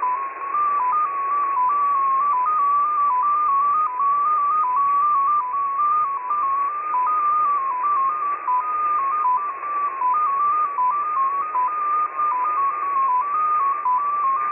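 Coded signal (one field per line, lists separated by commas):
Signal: multi-tone FSK (Olivia or MFSK type)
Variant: XPA2, 14-tone MFSK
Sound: a steady tone hopping between nearby pitches several times a second, like a slow melody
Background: radio static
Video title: XPA2 On 11163kHz USB February 7, 2021 12:00 UTC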